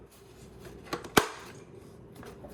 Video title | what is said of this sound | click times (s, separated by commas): Bissell ProHeat 2X Revolution Fix! Brushes Not Spinning (Broken Belt Repair DIY | And this back side will click in place now. | 1.2 s